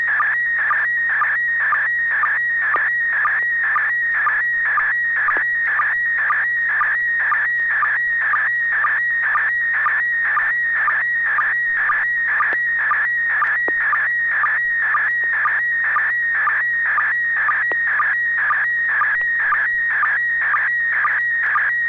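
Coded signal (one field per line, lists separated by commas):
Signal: SSTV (slow-scan television)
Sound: warbling, chirping tone with rhythmic low ticks about twice a second, throughout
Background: low steady hum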